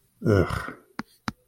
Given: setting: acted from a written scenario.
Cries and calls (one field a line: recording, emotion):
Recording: vocal sound without words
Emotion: contempt